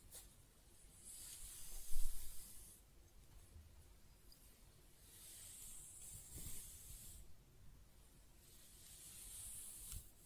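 Close-up hair being brushed and stroked, heard as soft, airy hissing strokes that swell and fade: one around 1–3 seconds, another around 5–7, and a lighter one near the end. Faint scratchy rustling and a few low bumps sit between the strokes.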